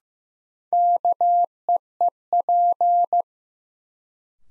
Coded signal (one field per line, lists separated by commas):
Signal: Morse code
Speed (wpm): 16 wpm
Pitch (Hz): 700 Hz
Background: none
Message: KEEP